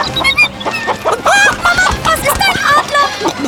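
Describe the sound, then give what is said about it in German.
Several village chickens cluck in a busy, overlapping flurry of short, bright calls, some rising into sharper squawks, with a steady mid-level rhythm throughout. “Schnell, Kinder, in Deckung, in den Hühnerstall sofort.”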